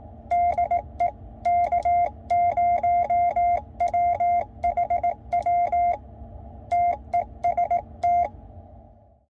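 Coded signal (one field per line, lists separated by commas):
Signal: Morse code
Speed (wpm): 18 wpm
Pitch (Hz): 700 Hz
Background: none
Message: DE K0WHW TEST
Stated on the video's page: Transmit power test of a QRP Labs QMX QRP transceiver kit.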